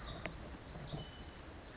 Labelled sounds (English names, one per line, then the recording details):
Pacific Wren
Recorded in Sonoma County, California